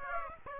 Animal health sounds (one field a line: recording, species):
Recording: mosquito wingbeat signal from an infrared sensor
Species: Aedes aegypti